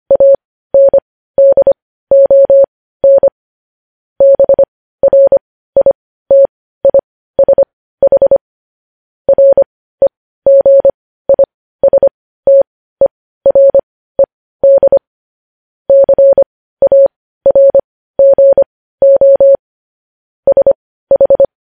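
Morse code beeps at a single steady mid pitch, sounding as short dots and longer dashes grouped into letters with brief silent gaps between them. The keying is clean, continuing evenly for the whole stretch with no background noise.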